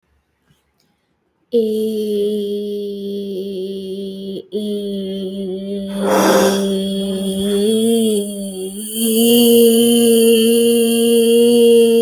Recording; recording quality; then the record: sustained vowel as in made; excellent, no background noise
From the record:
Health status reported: healthy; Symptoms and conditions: none ticked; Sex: female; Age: 30 years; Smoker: not ticked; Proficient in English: yes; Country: India